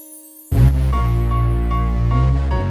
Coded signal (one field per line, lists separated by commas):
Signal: none